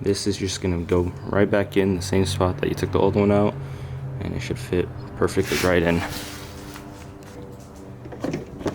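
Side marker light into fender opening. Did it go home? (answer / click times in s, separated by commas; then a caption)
no / none. Someone talks while holding a replacement plastic Rexpeed side marker light up to its opening in the fender of a GR86/BRZ, where the old one came out. Near the end there are a few faint, short handling ticks. Nothing has seated or clicked yet; the light is not pushed home.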